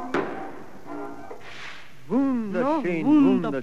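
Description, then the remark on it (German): A single sharp firework bang cracks out at the start of a fireworks display, followed by a brief fizzing hiss, and then a person begins talking over a quiet background. “Wie hat Ihnen jetzt das Feuerwerk gefallen?”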